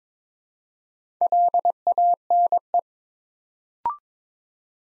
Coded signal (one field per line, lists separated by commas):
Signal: Morse code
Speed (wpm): 22 wpm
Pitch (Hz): 700 Hz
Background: none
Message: LANE